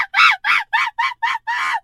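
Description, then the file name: Monkey chattering, six loud harsh screechy bursts in quick succession, each with a rising and falling tone. Chatter-scream call. "monkey chatter scream"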